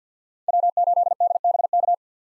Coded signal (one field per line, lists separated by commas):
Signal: Morse code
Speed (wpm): 45 wpm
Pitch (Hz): 700 Hz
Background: none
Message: W8DBK